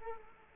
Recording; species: mosquito wingbeat signal from an infrared sensor; Culex quinquefasciatus